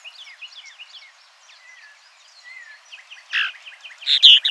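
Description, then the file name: Purple martin twittering calls, soft liquid chirps and drawn-out slurred whistles, ending in louder harsh bursts. "progne subis"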